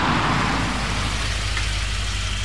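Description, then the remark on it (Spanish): A car's engine rumbles low and steady under a broad wash of road noise, holding an even loudness as the nervously driven car rolls along and eases over to the roadside at the entrance of a curve at 1:00 a.m., with no voices. “Héctor se encontraba en el auto de Juan, quien conducía con gran nerviosismo, y había decidido orillarse a la entrada de la curva”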